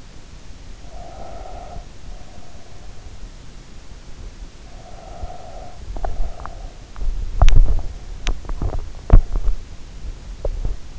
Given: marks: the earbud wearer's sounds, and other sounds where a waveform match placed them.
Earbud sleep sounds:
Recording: sounds in sleep by an in-ear microphone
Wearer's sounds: breath, teeth grinding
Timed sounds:
0.88-2.89 s: breath
4.50-6.53 s: breath
6.53-10.99 s: teeth grinding

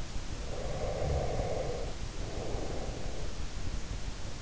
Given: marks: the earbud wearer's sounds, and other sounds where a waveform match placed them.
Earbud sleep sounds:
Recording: sounds in sleep by an in-ear microphone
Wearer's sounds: breath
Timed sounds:
0.35-3.56 s: breath

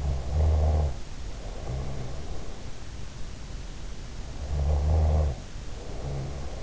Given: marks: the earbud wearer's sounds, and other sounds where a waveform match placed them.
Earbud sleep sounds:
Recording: sounds in sleep by an in-ear microphone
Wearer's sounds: snoring breath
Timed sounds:
0.04-2.85 s: snoring breath
4.56-6.63 s: snoring breath

